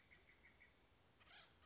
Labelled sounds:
Acorn Woodpecker
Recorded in Sonoma County, California

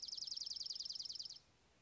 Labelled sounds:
Dark-eyed Junco
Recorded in Sonoma County, California

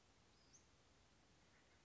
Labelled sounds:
Western Flycatcher
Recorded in Sonoma County, California

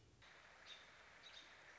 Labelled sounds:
American Robin
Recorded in Sonoma County, California

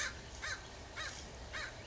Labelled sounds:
American Crow
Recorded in Sonoma County, California

